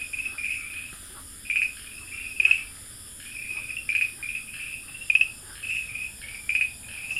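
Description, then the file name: Farmland green tree frog: short, high chirps in loose, irregular bursts, some louder than others. Recorded at Dalin, 30 May 2009. "090530 dalin farmland treefrog"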